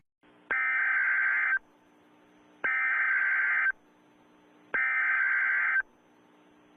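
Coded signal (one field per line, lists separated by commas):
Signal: Emergency Alert System (SAME) tones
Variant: header bursts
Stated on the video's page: Compilation of EAS alarms from every country.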